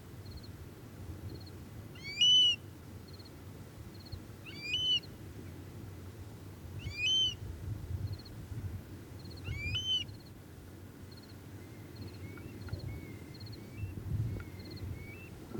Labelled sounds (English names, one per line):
Eurasian Stone-curlew call